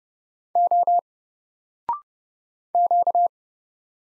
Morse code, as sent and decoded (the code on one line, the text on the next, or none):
--- / --.-
O Q